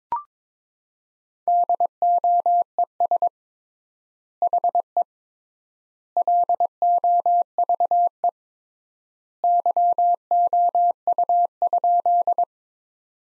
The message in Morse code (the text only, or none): DOES HE LOVE YOU?